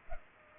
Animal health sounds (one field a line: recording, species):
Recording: mosquito wingbeat signal from an infrared sensor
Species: Culex pipiens